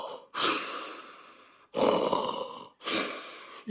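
Three rough, breathy bursts of about a second each, airy and hissing more than deep and rumbling, separated by short silences. An adult man's deliberate imitation of his own signature snore, the sound his wife described to him, a pretty classic, typical snore.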